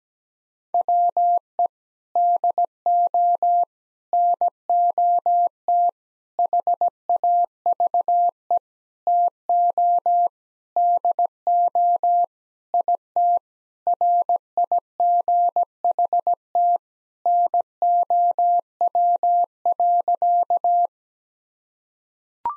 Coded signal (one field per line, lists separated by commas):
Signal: Morse code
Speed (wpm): 17 wpm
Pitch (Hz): 700 Hz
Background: none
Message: WE DO NOT HAVE TO DO IT RIGHT NOW.